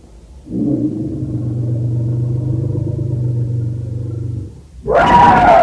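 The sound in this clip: Elephant vocalizing: a low, even rumbling growl for about four seconds, a short pause, then a loud, brassy trumpet blast bursts in.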